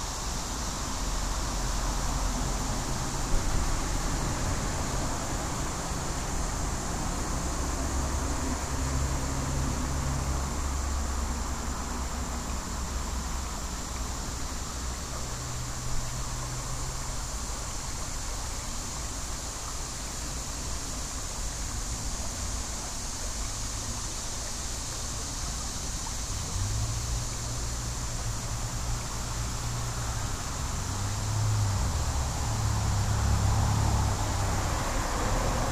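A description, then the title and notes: A steady, even wash of sound beside a creek holds throughout without a break. Low engine hums from traffic come and go underneath, around 8–12 seconds, near 16 seconds, and more persistently from 26 seconds to the end. Idling Next to Sligo Creek. Standing and thinking next to Sligo Creek in Takoma Park, Maryland.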